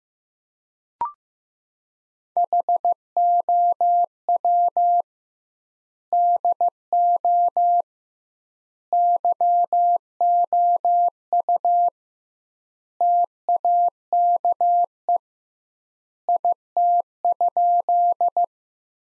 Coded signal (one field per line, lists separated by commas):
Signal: Morse code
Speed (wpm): 15 wpm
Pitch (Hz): 700 Hz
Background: none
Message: HOW DO YOU TAKE IT?